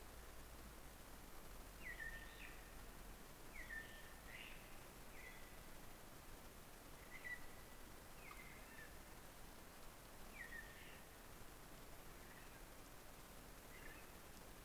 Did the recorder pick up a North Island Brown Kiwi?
no